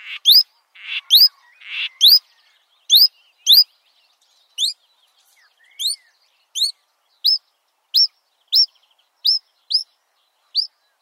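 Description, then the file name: Marsh warbler giving a few buzzy notes, then a series of clear rising whistled slurs repeated at a steady pace. "suara-kicauan-burung-marsh-warbler -omkicau"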